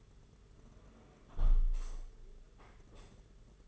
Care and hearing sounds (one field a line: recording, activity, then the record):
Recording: daily activity, microphone in the room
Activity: close window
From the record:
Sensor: 4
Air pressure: 992.1 hPa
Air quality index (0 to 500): 95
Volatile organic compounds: 10 ppm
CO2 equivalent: 2204 ppm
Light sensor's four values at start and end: 22/77/28/30 and 22/76/28/29